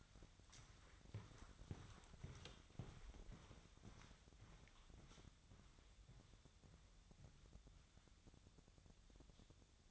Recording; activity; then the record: daily activity, microphone in the room; walk to room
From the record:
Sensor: 3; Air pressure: 999.5 hPa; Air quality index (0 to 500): 195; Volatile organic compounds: 42 ppm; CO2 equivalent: 3186 ppm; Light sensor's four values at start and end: 8/19/8/7 and 8/20/8/8